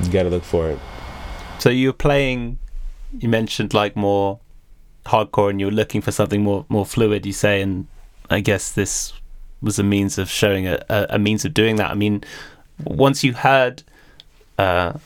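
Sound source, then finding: Adult male interviewer. Typical speech.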